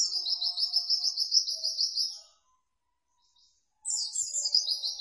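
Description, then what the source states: White-eye song: a steady rapid high trill for two seconds, silence, then another burst of quick high chirps. Lively-singing ('gacor') white-eye song used to train cage birds.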